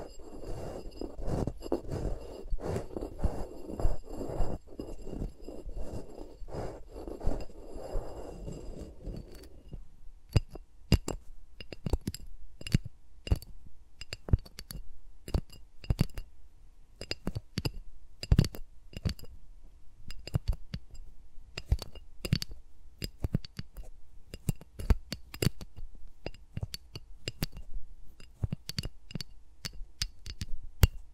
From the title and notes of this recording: ASMR with Mics Around My Fingers (No Talking).